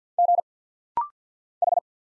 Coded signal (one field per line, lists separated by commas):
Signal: Morse code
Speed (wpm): 46 wpm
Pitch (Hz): 700 Hz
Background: none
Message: G H